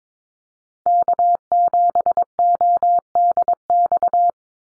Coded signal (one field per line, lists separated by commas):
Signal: Morse code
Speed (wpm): 22 wpm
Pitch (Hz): 700 Hz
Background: none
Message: K7ODX